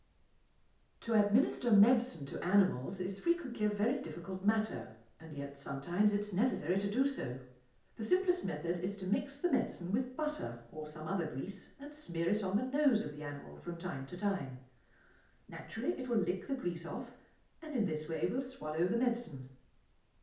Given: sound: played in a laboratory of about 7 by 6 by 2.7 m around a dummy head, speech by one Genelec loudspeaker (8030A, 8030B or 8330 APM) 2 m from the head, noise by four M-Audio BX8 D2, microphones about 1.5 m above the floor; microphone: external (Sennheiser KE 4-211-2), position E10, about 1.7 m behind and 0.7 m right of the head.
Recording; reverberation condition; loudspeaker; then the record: female speech in English; medium; 60 degrees to the left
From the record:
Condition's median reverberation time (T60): about 510 ms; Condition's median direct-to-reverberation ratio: about -0.5 dB